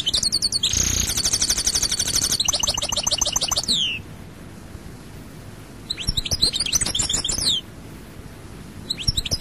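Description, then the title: Goldfinch singing a fast buzzy, twittering phrase that falls away at the end, followed after a pause by a second shorter burst of chirps and trills. "Chant Chardonneret"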